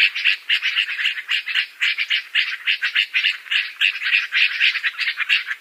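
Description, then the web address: Yellow-vented bulbul calls, rapid chattering notes repeated about four times a second in an uneven, bubbling series. "Schulze Peter Yellow-vented Bulbul calls"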